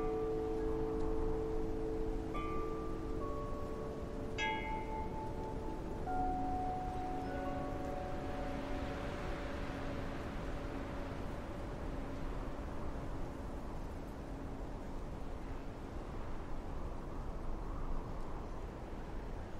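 Wind chimes ring with long sustained tones through the first half, fading later, over a steady low rumble of autumn wind throughout.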